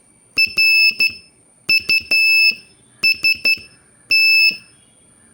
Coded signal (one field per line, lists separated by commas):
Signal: Morse code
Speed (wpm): 13 wpm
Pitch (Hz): 2650 Hz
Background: none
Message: RUST